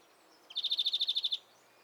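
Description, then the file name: European greenfinch: one quick trill of evenly spaced, slightly buzzy notes lasting under a second, over a quiet background. "Chloris chloris"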